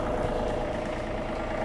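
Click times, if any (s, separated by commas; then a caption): none. A tractor engine runs steadily while the operator raises a John Deere iMatch three-point quick-hitch so its spring paddles move toward the implement's pin bushings. Only continuous engine noise is heard, with no distinct impacts. Nothing has seated or latched yet.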